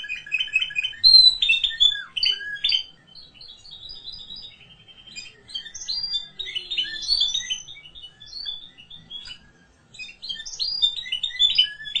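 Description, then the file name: Canary song in a varied, scratchy sequence of chirps, short trills and sliding notes, louder at the start and softer through the middle. "Canary Voice"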